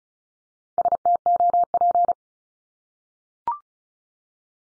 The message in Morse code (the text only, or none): STOP